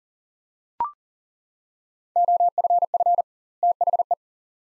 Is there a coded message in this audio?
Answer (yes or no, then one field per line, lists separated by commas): yes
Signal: Morse code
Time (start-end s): 2.2-4.1 s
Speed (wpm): 40 wpm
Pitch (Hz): 700 Hz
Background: none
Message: OFF THE